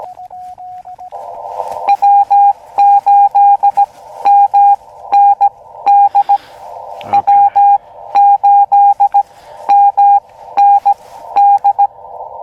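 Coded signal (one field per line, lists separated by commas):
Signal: Morse code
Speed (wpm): 17 wpm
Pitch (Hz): 810 Hz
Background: none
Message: W8MND W8MND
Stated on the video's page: First Summits on the Air CW activation, also a park, in cold weather, using an Elecraft KX2 and an end-fed trail-friendly antenna.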